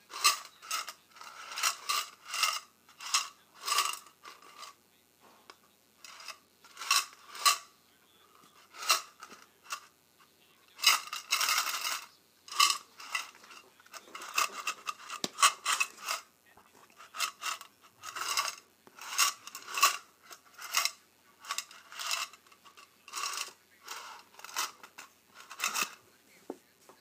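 Paperclips and safety pins are handled in short, bright metallic clicks, scrapes and jingles, arriving in quick bursts every second or so across the whole clip. Between bursts there are brief silences, and a denser, louder flurry of rattling comes around eleven to thirteen seconds.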